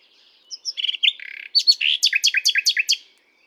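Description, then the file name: Common nightingale song phrase: soft high whistles, a short trill, then a loud run of rapidly repeated descending notes. "Luscinia megarhynchos"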